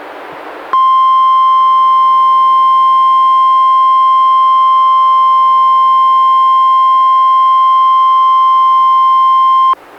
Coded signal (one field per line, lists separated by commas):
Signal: Emergency Alert System (SAME) tones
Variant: 1050 Hz attention tone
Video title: EAS #123-127: 5 NWR Required Weekly Tests- Aug. 17-Sep. 14, 2016